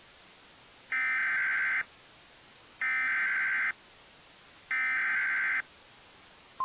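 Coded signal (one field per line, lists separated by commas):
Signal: Emergency Alert System (SAME) tones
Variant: header bursts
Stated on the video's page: Recreation of 2001 New York severe thunderstorm alerts using actual text products but not the original audio; the tones are valid EAS tones.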